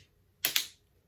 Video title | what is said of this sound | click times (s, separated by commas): WEARING A HOLTER MONITOR | All right, so it's snapped into place. | 0.5 s